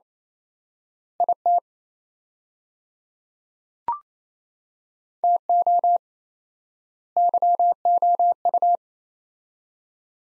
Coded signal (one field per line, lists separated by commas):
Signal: Morse code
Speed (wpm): 28 wpm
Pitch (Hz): 700 Hz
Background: none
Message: IT TO YOU